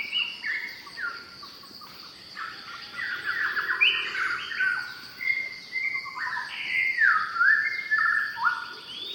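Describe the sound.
White-rumped shama singing a rich stream of varied whistles, trills and slurred notes in phrases, with a steady high insect drone throughout.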